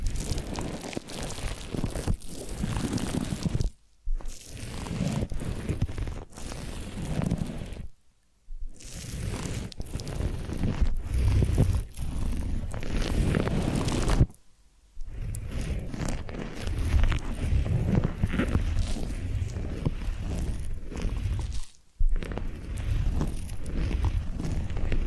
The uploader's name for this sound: Massage, Ear Cleaning and Spa